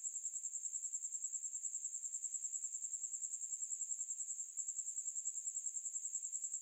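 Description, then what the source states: Cricket trilling in a steady, high-pitched stream of rapid pulses that never pauses, with a soft, even beat throughout and no other sounds. Buzzing at night.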